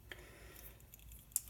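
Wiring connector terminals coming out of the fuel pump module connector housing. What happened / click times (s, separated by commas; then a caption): The connector's retaining clip let go and the terminals came free / 1.4 s. Pressing the retaining clip on a plastic wiring connector on the fuel pump module of a 2001 Dakota 4.7 during a 255 LPH Walbro pump install releases the clip so the terminals come out of the connector housing. Soft handling ticks and rustle lead up to one sharp snap at 1.4 s. The clip is released and the terminals pop free.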